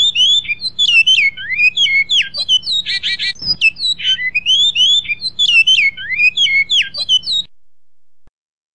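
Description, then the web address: Great-billed seed finch song, a fast run of varied whistled notes, slurred up and down, with a brief buzzy burst near the middle, then silence at the end. Master song used for training captive birds. "bicudario cantos maestro"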